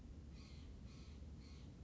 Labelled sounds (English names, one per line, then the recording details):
Steller's Jay
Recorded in Sonoma County, California